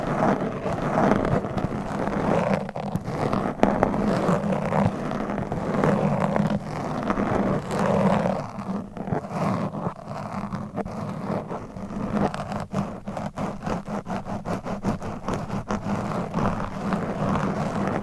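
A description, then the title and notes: Dense scratching and tapping over a low steady hum, with rapid clicks and rubbing that thicken and thin throughout. ASMR with CLAWS Changing Triggers Every 60 Seconds Scratching , Tapping , Massage etc No Talking.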